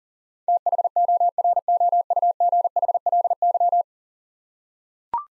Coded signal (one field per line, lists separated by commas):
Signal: Morse code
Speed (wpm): 37 wpm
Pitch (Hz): 700 Hz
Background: none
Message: THOROUGHLY